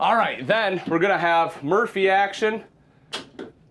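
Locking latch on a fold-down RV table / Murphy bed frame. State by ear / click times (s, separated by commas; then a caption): seated / 3.4 s. Someone talks, then a short sharp click at 3.4 s as the locking latch on a fold-down table / Murphy bed frame in a 2024 No Boundaries RVS1 RV snaps into place after the table is folded down. The lock is engaged so the table will not swing open, and it is seated.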